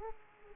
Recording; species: mosquito wingbeat signal from an infrared sensor; Aedes aegypti